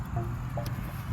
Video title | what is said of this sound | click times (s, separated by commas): 2018 Convertible Camero 2.0T Review | sure both sides you hear it kind of pop into place and then you're ready to roll | 0.6 s, 0.7 s